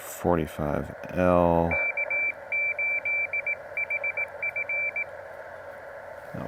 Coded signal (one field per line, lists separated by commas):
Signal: Morse code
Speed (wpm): 18 wpm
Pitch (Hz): 2350 Hz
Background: speech, radio noise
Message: K8HF